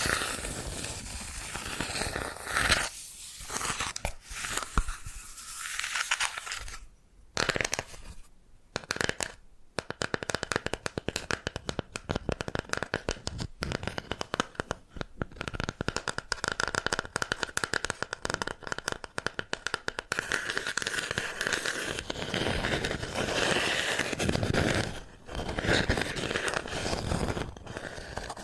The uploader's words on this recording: ASMR Brain Tingling Bamboo Tapping, Scratching and Brushing Sounds for Sleep (No Talking).